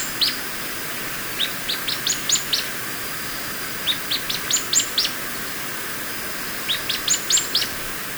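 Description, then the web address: Streaked xenops song: three bursts of thin, high notes that step upward in pitch, each burst about six notes long, repeated roughly every three seconds over steady background hiss. Recorded in Ecuador. "Birds of Ecuador. Streaked Xenops"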